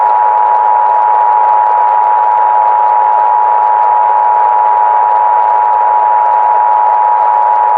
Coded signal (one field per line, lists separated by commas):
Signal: Emergency Alert System (SAME) tones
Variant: 853 and 960 Hz attention tone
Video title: EAS Scenario/Analog & Digital Horror - Galactic Empire Invasion